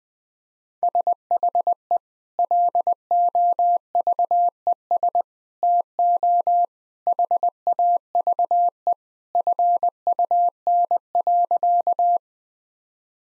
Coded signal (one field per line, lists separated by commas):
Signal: Morse code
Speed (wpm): 20 wpm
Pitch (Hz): 700 Hz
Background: none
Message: SHE LOVES TO HAVE FUN.